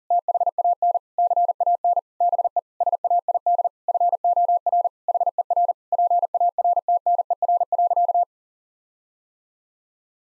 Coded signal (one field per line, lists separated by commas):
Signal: Morse code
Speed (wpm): 37 wpm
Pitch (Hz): 700 Hz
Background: none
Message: THAN CAN BE SAID FOR HER PARTNER.